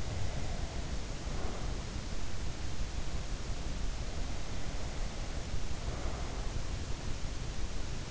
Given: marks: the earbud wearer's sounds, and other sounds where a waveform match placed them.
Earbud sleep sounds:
sounds in sleep by an in-ear microphone; breath
0.00-1.82 s: breath
4.39-6.51 s: breath

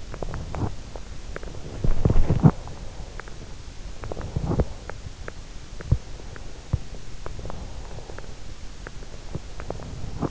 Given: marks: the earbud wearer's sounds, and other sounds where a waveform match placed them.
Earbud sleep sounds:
sounds in sleep by an in-ear microphone; teeth grinding, breath
0.00-0.88 s: teeth grinding
1.32-2.58 s: teeth grinding
3.79-4.81 s: teeth grinding
5.67-6.10 s: teeth grinding
6.62-6.88 s: teeth grinding
7.31-8.30 s: breath
9.25-10.31 s: teeth grinding

